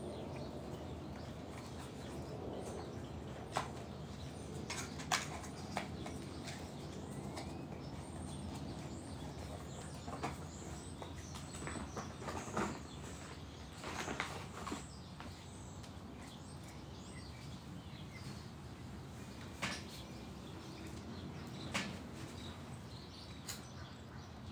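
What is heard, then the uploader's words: Backyard morning ambience: a steady low rumble underneath, with occasional sharp clicks and knocks and faint scattered bird chirps throughout. Sunday morning mist in my backyard in Phoenix Arizona. There’s a gentle hum from our heat pump that stays on throughout the session that is an excellent brownian-type noise. The neighborhood sounds, the birds chirping.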